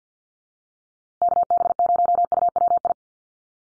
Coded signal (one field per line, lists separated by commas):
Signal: Morse code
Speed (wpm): 52 wpm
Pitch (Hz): 700 Hz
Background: none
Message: KB0UWI